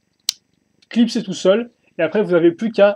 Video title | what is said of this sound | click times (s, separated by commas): LEGO Star Wars Video Review : V-wing Starfighter [Français] | donc c'est un système offert le missile va se clipser tout seul | 0.3 s